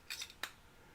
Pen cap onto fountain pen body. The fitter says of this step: And it goes on, not with the most satisfying click, but with a click.